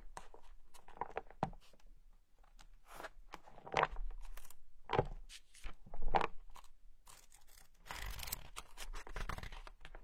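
Paper pages turn and rustle in irregular bursts, with sharp crisp flips near four, five and six seconds and a longer crinkling stretch near the end.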